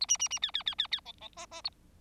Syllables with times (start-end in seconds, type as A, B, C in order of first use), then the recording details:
0.01-0.06 A, 0.08-0.17 B, 0.19-0.28 B, 0.30-0.39 B, 0.42-0.51 C, 0.54-0.63 C, 0.66-0.75 C, 0.78-0.87 C, 0.91-1.00 C, 1.05-1.13 D, 1.21-1.28 D, 1.36-1.46 E, 1.51-1.61 E, 1.64-1.70 A. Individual Bird4